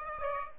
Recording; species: mosquito wingbeat signal from an infrared sensor; Aedes aegypti